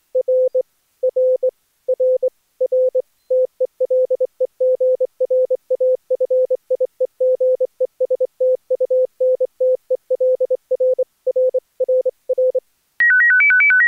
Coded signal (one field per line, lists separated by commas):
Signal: Morse code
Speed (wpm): 25 wpm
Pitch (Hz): 510 Hz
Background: music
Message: R R R R TELEGRAFIEGESTUNTEL R R R R